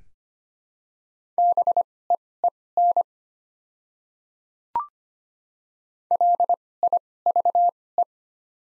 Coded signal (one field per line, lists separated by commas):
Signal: Morse code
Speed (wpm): 25 wpm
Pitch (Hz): 700 Hz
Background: none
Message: BEEN LIVE